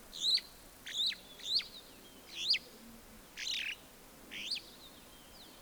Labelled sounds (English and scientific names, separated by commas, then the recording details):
Superb Starling (Lamprotornis superbus) flight call
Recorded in Kenya